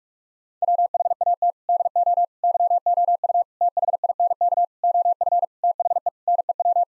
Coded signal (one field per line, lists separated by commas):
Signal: Morse code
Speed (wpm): 46 wpm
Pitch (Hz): 700 Hz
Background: none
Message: WHAT DO YOU THINK OF THE NEW